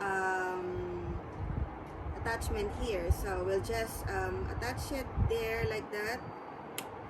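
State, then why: Seated. A plastic water-level attachment with four holes is pushed onto the four pegs of a self-watering planter insert while someone talks. A single short tick-like click is heard at 6.8 seconds as the attachment seats in place.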